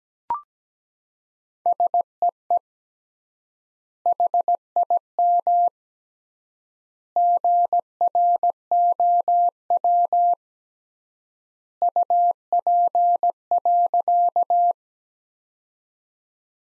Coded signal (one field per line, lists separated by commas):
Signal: Morse code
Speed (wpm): 17 wpm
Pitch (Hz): 700 Hz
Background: none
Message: SEE HIM GROW UP.